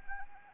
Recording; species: mosquito wingbeat signal from an infrared sensor; Anopheles arabiensis